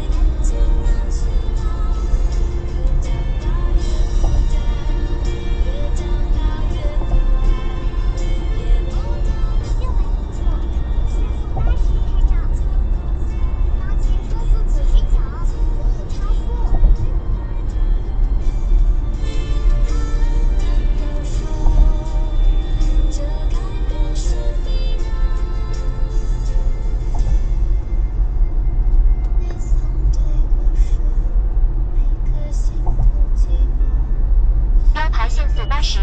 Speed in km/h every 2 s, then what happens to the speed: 94, 96, 97, 95, 94, 96, 98, 93, 89, 85, 81, 78, 75, 74, 75, 75, 75, 76.
0-12 steady at about 96. 12-25 slows to 74. 25-36 steady at about 75.